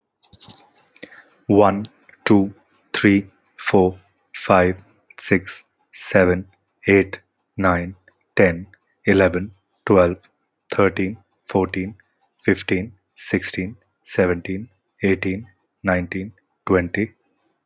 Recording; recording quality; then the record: counting at a normal pace; excellent, no background noise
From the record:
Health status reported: healthy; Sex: male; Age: 29 years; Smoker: yes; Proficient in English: yes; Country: India